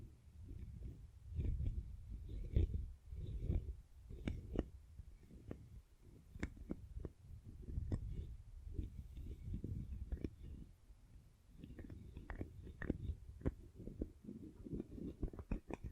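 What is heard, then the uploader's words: Soap is handled: soft, low squishing and rubbing comes in uneven bursts, broken by frequent sharp clicks and crackles every second or so. Faint higher squeaks drift in and out, and the sounds stay dense throughout with brief quieter pauses. ASMR Best Satisfying Soap Triggers for Sleep (No Talking).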